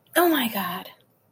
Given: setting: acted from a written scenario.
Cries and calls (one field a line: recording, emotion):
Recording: vocal sound without words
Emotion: negative surprise